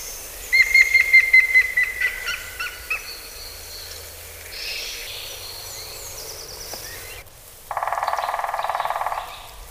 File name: Pic cendre